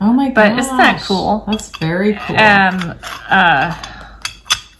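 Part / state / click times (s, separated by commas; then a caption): lid of an antique twine holder closing onto its body / not seated / none. The lid of an antique metal twine/yarn holder is handled while someone talks, with small metallic clinks around 4.2 s and 4.8 s. The lid is being closed onto its body, but it has not locked or seated yet by the end.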